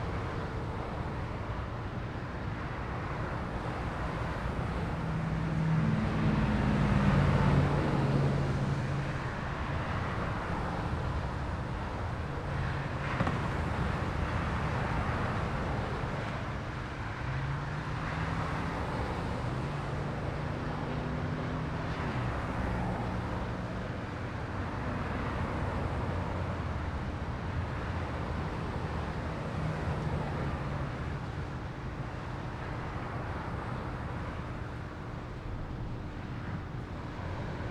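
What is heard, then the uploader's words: Steady road noise with a dense, low rumble that never drops away, swelling slightly as vehicles pass around the six to eight second mark. A faint low hum runs underneath throughout, and the wash of traffic stays fairly even to the end. This week is road noise.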